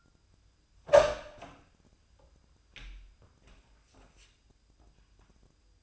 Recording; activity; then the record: daily activity, microphone in the room; open door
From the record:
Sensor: 2